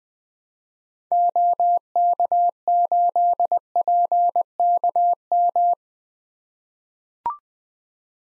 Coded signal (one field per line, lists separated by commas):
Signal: Morse code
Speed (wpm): 20 wpm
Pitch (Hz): 700 Hz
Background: none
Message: OK8PKM